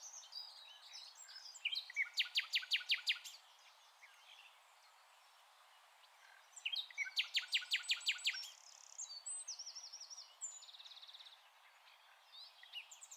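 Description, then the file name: Common nightingale singing two loud phrases of rapid, evenly repeated notes, separated and followed by quieter varied whistles and chirps. "Luscinia megarhynchos"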